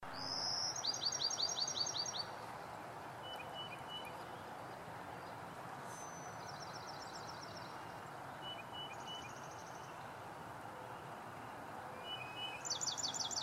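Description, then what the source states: Carolina Wren calls, a loud rapid chattering burst of high strokes near the start and again at the end, with several shorter chatters and thin high notes between over steady background rumble. Calling loudly.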